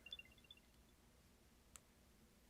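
A small disc-shaped AirTag tracker tag is pressed into a thin holder. A few faint, high-pitched ticks sound early in the clip, followed by one sharp, brief click at 1.8 s as the tag pops in and seats in the holder.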